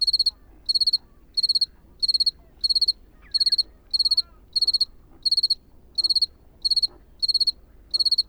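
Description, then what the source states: Cricket song of brief high trilled chirps repeated many times over a low background rumble. At night in the Camargue; temperature below 10 degrees, the cricket finding it hard to sing in the cold.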